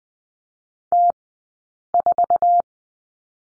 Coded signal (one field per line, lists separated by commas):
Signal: Morse code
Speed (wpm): 20 wpm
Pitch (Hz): 700 Hz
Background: none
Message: T4